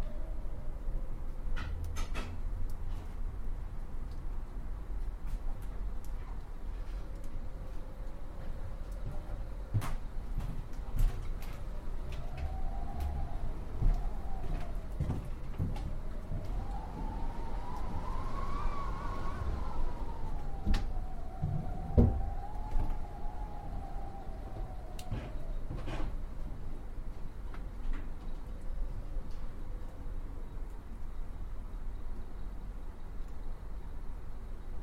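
Wind roars low and steady for the whole stretch, a hollow whistling tone rising and falling mid-clip, with scattered knocks and rattles.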